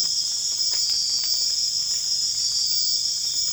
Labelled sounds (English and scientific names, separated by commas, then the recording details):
none
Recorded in secondary vegetation near Puerto Asís, Putumayo, Colombia, on 25 June 2025 at 01:00
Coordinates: 0.485, -76.322
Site GP06